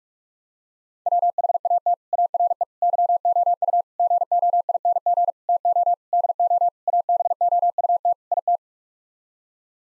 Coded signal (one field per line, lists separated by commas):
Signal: Morse code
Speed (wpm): 47 wpm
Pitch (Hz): 700 Hz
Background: none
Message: WHAT ARE YOU GOING TO DO ABOUT IT